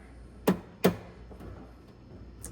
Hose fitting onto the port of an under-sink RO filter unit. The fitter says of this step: sort of snaps into place.